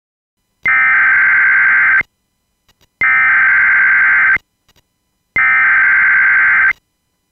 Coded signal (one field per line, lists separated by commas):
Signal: Emergency Alert System (SAME) tones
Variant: header bursts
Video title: EAS Scenario #6: Flare Up